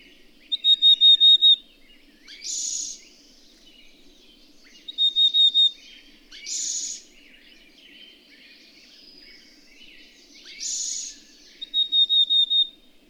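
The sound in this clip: Bird song: fast series of clear, level high whistles alternate with coarse, buzzy bursts, repeated several times, with faint chirps throughout.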